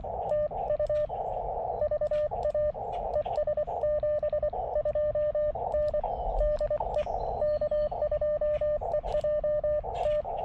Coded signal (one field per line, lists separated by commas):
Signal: Morse code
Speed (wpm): 23 wpm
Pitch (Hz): 600 Hz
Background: radio noise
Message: TU VA ES72N DE K2EJT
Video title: CW POTA at US 4567 with the KX2 and WRC antenna